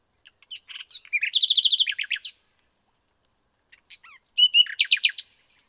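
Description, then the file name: Common nightingale song: chirps leading into a rapid buzzing trill and sweeping notes, a pause, then another fast varied phrase. "Luscinia megarhynchos"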